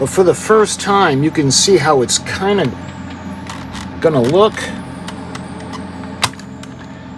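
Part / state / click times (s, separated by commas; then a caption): plastic deck section onto model ship hull / seated / 6.2 s. Someone talks while fitting a plastic B deck section of a Revell Calypso research vessel model kit onto its hull. A few light plastic taps follow, then a sharp click at 6.2 s as the deck section seats in place.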